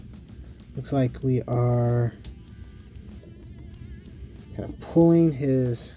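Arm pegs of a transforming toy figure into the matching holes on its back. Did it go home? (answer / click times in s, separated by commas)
no / none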